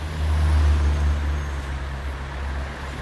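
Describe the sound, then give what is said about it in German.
Loud street traffic noise, a steady low rumble of engines with a broad wash of road hiss, swelling slightly early on and continuing without pause; no voices. “Und so wird aus der lauten Straße per Mausklick eine erträgliche Wohngegend.”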